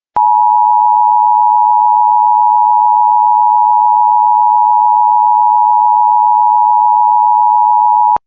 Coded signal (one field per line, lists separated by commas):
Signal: Emergency Alert System (SAME) tones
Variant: 853 and 960 Hz attention tone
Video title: ￼ Weekly eas test for Iowa, Missouri, New York, Pennsylvania, Maryland, Hawaii, and etc ￼